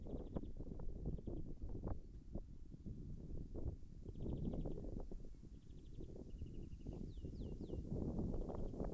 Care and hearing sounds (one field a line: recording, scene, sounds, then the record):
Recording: everyday scene through a hearing-aid microphone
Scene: wind on the microphone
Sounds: wind, birds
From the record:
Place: in front of a rural house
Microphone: behind the ear, left, front